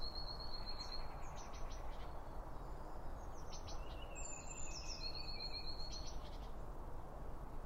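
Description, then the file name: Small birds chirping, with short high chirps and thin descending whistles in scattered bursts over a steady low background rumble. Birds at a bird feeder, recorded with two Line Audio OM1 microphones. "Birds Around Birdfeeding With Two Om 1 From Line Audio"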